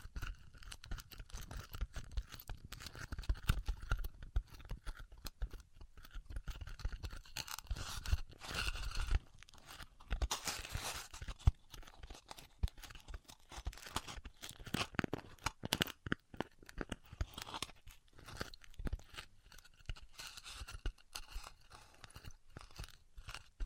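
Styrofoam being cut with a hot wire gives a dense, crackling run of short crunchy snaps and rustles lasting the whole time. Bursts thicken and brighten around ten to eleven seconds and again near sixteen, with a low rumble underneath in the first nine seconds.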